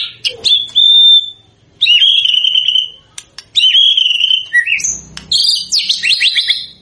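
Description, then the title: White-rumped shama song, loud pure whistles held for about a second each, separated by sharp clicks, ending in a quick tumbling run of notes. Lure recording of an actively singing bird, meant to make a shama respond at once. "PANCINGAN MEWAH MURAI BATU GACOR, SEKALI DENGAR AMPUH LANGSUNG RESPON"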